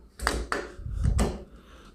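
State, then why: Seated. A spring-loaded pop-pin knob on the handle post of a Teeter Freestep LT1/LT3 stepper is pulled out and released with the post lined up on the stepper frame. Several short knocks and clacks are heard, with the pin snapping into its hole at 0.5 s, and further handling sounds follow around 1.2 s. The handle post is seated and locked in place.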